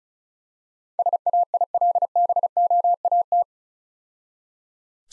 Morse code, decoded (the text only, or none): SAILBOAT